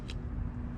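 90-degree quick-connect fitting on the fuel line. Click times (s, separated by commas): 0.1 s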